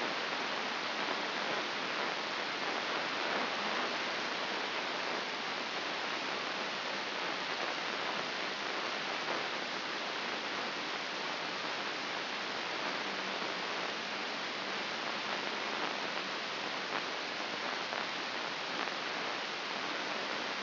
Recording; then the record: brain microelectrode recording played as sound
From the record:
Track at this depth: outside the subthalamic nucleus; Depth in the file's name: 5.617 mm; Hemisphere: left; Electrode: 2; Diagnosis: Parkinson's disease